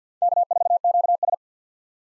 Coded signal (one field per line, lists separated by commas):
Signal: Morse code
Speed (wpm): 50 wpm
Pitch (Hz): 700 Hz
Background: none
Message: K4QS